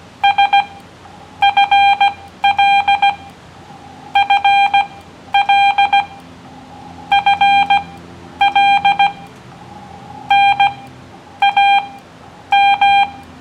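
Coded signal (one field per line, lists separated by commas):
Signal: Morse code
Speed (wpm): 15 wpm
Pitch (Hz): 800 Hz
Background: none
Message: S FL FL FL NAM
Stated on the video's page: Live QRP Morse at about 17 WPM in a park, sent on a Xiegu X6100 at 5 watts into a home-made antenna.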